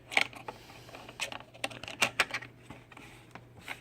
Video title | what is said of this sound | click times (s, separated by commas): LOGITECH K-780 MULTI-MEDIA KEYBOARD | Except they don't snap. They don't snap in. It just lays there. | none